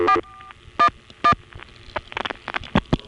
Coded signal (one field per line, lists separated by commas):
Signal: DTMF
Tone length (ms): 90 ms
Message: 4411